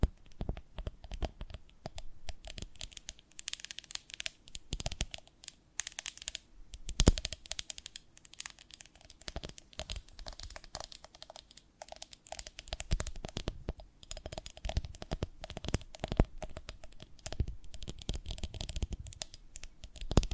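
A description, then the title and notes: Crisp, dense crackles and scratchy taps from handling a honeycomb on a branch continue throughout, irregular and bright, with a few sharper snaps. ASMR of a Honeycomb on Branch (No Talking).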